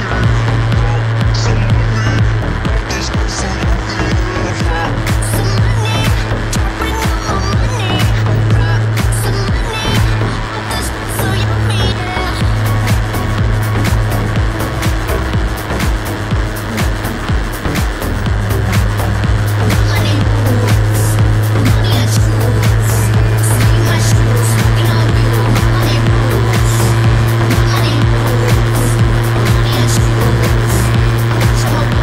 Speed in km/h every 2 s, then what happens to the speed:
116, 111, 110, 112, 114, 111, 110, 109, 107, 106, 110, 113, 116, 117, 118, 119.
0-18 steady at about 110. 18-32 speeds up to 119.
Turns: none.